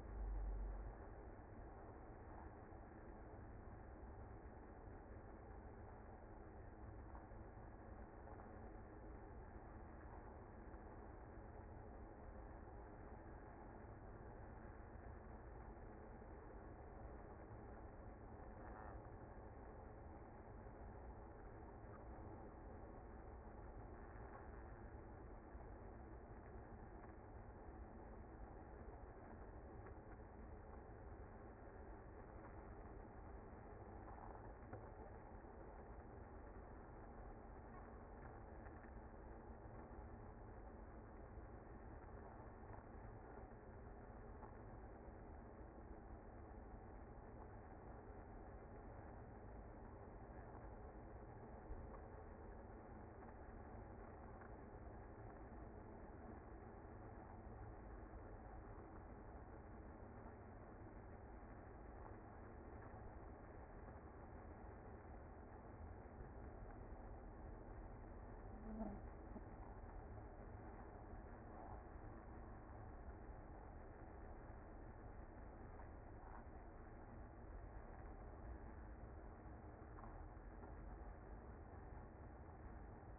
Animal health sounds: honeybee colony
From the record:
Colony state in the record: active

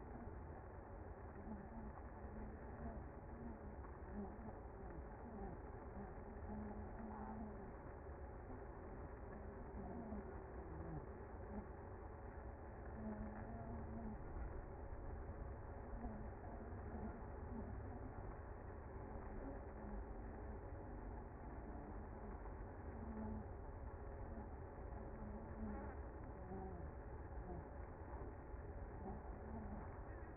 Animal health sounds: honeybee colony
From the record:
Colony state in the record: active

